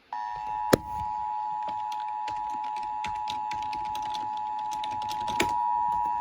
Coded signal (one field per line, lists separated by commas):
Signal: Emergency Alert System (SAME) tones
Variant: 853 and 960 Hz attention tone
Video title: EAS 917-918 - SHELTER IN PLACE WARNING from WCHS on WJON/IP